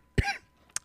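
A single forceful cough of about a fifth of a second from an adult man, with a deep, throaty onset, followed about half a second later by a brief sharp catch, like a small second cough or throat clear. It is a lingering cough that persists after a doctor's visit, and it sounds like choking. Heard in a quiet room.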